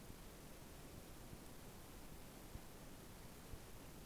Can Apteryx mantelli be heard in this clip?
no